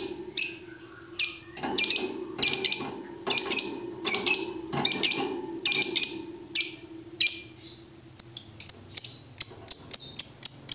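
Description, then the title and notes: Lovebird chattering song: harsh high chirps repeated steadily over a low steady hum, then speeding into a rapid twittering run. Tutor recording played to birds to teach them the ngekek song style. "MASTERAN BURUNG 2. Belajar Ngekek. lofbet"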